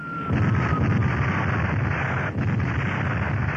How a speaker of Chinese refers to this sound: 一刹那，整个村子四处爆炸，浓烟滚滚，火光冲天，大人倒地，孩子奔跑。